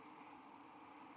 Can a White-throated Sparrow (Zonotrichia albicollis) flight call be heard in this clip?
no